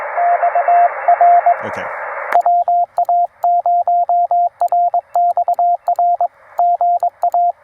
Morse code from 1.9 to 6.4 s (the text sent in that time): WA0RXR